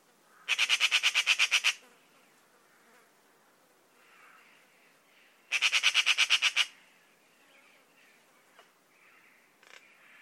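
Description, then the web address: Bird call: two bursts of quick, harsh pulsed notes, each about a second long and roughly five seconds apart, with faint scattered notes between. Call labelled "Pi Pi Pi Pi". "Deverinetal 2025 File origin Bird Only"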